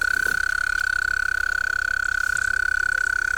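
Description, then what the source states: European mole cricket song: a steady churring trill held at one pitch, pulsing very rapidly and evenly throughout. Played-back recording; compared with a natterjack toad's call; described as a very strange sound.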